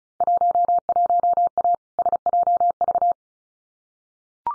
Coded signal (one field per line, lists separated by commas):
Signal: Morse code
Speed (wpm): 36 wpm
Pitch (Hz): 700 Hz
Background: none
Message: 11A SJV